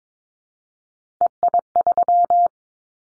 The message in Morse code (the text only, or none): EI3